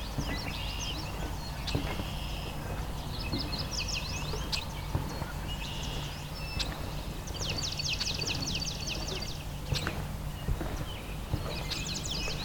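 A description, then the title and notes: Early summer at a lake, with birds singing in bright, rapid trilling phrases every few seconds. A steady low hum runs underneath throughout, and scattered soft knocks and clicks break through now and then. Valens Lake in June. In June of 2021 I returned to Valens Lake, during the height of breeding season.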